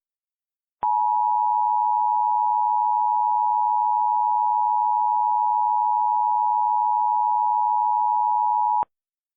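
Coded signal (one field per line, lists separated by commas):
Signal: Emergency Alert System (SAME) tones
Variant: 853 and 960 Hz attention tone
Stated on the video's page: Remade EAS alerts for Hurricane Ida containing valid tones; recreations, not real broadcasts.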